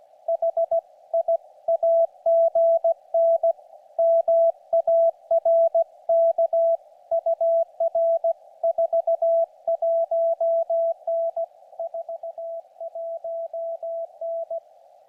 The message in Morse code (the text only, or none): HI AGN MARK UR 41N 41N